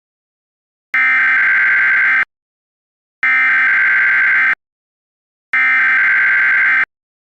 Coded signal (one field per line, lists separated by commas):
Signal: Emergency Alert System (SAME) tones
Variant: header bursts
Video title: EAS Scenario: G4 Shutdown